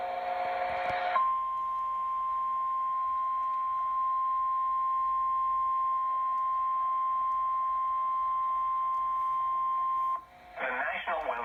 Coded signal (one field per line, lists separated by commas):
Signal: Emergency Alert System (SAME) tones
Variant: 1050 Hz attention tone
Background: speech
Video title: SVR #11 on KHQ-DT (EAS #1084)